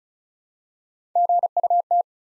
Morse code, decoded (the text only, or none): GUT